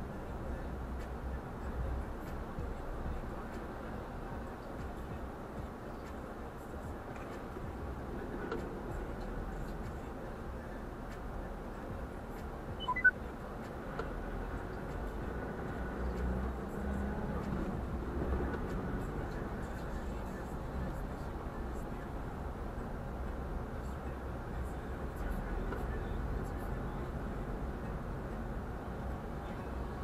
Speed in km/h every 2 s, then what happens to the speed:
26, 18, 14, 14, 16, 17, 16, 16, 20, 23, 29, 31, 31, 33, 33.
0-6 slows to 14. 6-14 steady at about 16. 14-20 speeds up to 29. 20-30 steady at about 31.